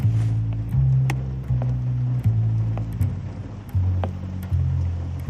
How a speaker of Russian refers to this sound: Теперь холодный душ, и ритуал почти выполнен. Сигарета, дождь, душ и кофе.